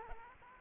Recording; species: mosquito wingbeat signal from an infrared sensor; Aedes albopictus